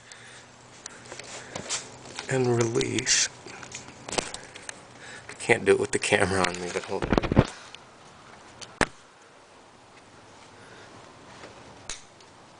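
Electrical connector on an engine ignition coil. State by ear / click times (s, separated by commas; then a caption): released / 8.8 s. On a Volvo S60, the electrical connector on an engine ignition coil is released by pushing in its release tab and pulling it off. Someone talks at first, then a loud, sharp snap at 8.8 s marks the connector coming off. A few faint ticks and handling noises follow.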